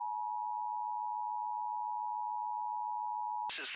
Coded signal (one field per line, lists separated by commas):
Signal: Emergency Alert System (SAME) tones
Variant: 853 and 960 Hz attention tone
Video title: IP - REQUIRED WEEKLY TEST CHAOS PT 2 - NO EAS